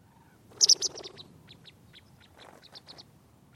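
Bird calls: a quick burst of sharp, very high chirps, then a scattered run of softer high ticking notes a fraction of a second apart, over a faint low background hiss.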